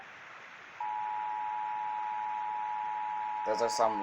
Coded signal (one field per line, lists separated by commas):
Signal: Emergency Alert System (SAME) tones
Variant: 853 and 960 Hz attention tone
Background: speech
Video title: EAS 392 Wilmington? RWT [Long Headers]